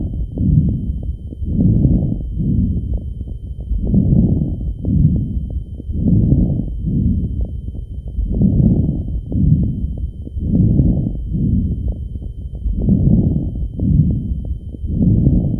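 Steady breath cycles heard over an adult chest, with brief scattered clicking pops: medium to fine crackles.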